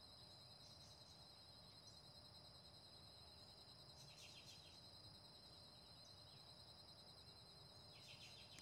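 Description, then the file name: Cicada: steady shrill whine of cicadas running unbroken throughout, joined by a few short rattling bursts and low background rumble. "Cigarras"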